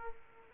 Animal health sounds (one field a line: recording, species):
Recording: mosquito wingbeat signal from an infrared sensor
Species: Aedes aegypti